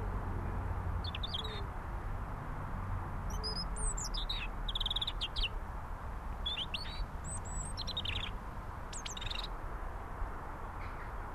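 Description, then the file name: European robin delivering short, high, tinkling phrases separated by pauses, against constant low background rumble. "Erithacus rubecula"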